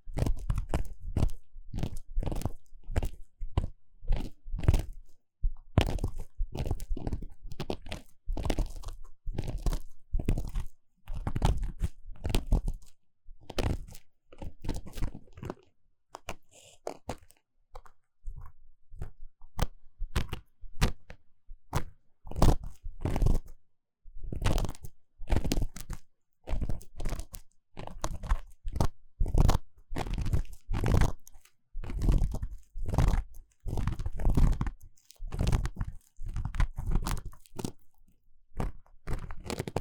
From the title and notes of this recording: ASMR 3Dio 耳掃除 귀 청소 | Ear Cleaning | No Talking.